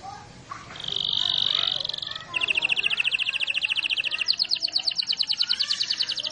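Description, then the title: Canary song opening with a buzzy steady trill, then a long rapid roll that rises in pitch and grows louder. Canary singing a long roll (ngerol panjang); a master recording used for training birds. "Master Burung Jos. Kenari ngerol panjang 1"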